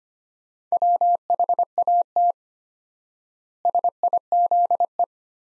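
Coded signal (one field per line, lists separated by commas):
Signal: Morse code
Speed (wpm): 25 wpm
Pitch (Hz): 700 Hz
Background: none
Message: WHAT SIZE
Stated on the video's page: Morse practice at 25 wpm, sentences from top 400 words sent with 4x standard word spacing, Farnsworth-like method.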